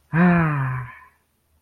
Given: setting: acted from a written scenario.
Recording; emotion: vocal sound without words; relief